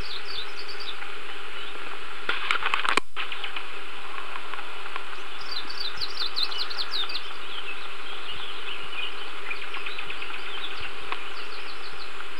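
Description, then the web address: Bird calls: bursts of rapid, high twittering notes come and go over a loud, constant low hum, with a brief clattering sound early on. "vogels"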